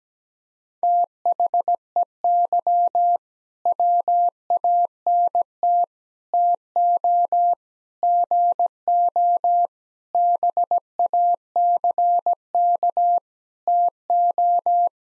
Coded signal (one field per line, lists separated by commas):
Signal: Morse code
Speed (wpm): 17 wpm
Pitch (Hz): 700 Hz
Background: none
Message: THEY WANT TO GO BACK TO